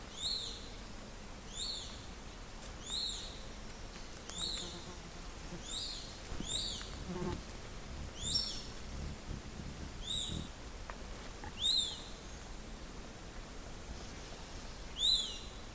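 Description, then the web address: White hawk giving short, thin, high arched call notes, each rising then falling, repeated roughly every one to two seconds with a longer gap near the end, over a steady background hiss. "roofvogels Accipitres Accipitidae Accipitrinae Grote bonte Buizerd Pseudastur albicollis"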